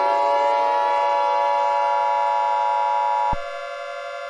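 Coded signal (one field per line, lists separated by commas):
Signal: Emergency Alert System (SAME) tones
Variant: 853 and 960 Hz attention tone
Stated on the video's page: Fictional emergency alert scenario; tones may or may not be valid EAS tones.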